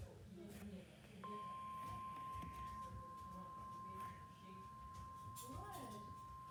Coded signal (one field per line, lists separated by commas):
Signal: Emergency Alert System (SAME) tones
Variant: 1050 Hz attention tone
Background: speech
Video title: Weather radio:MISSED DOUBLE HEADER severe thunderstorm warning and special marine warning EAS III-IV